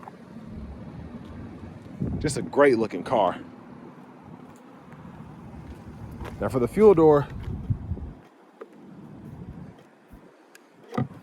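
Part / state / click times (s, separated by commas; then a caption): fuel filler door latch on a car body panel / released / 11.0 s. Someone talks over a low outdoor rumble as they push on the push-to-open fuel filler door on the body panel of a 2023 Audi S7 Prestige Quattro. The latch gives a sharp click at 11.0 s and the door pops open, released after a hard push.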